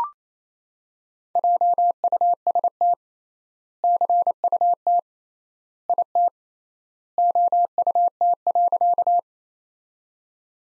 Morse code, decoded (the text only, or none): JUST CUT IT OUT.